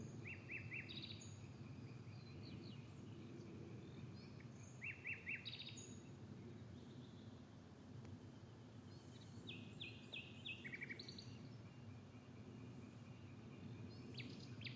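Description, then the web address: Bird calls: short bursts of high chirps and quick stuttered note series scattered throughout, over a steady low rumble of environmental noise. "Bird Only"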